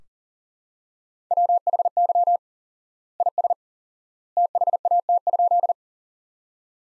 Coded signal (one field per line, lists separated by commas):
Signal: Morse code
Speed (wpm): 37 wpm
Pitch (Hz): 700 Hz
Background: none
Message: WHY IS THAT?